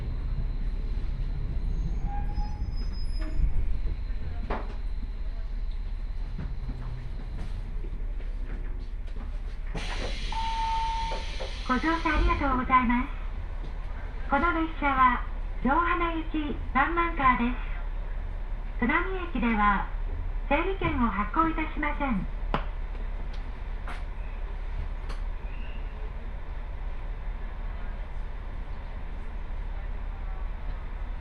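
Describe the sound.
A two-car diesel railcar on the Jōhana Line runs along with a steady low rumble and occasional clicks throughout. Around ten seconds a brief hiss comes in, then a woman's voice speaks for about ten seconds before the engine drone continues alone.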